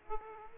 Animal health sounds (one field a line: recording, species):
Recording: mosquito wingbeat signal from an infrared sensor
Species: Aedes aegypti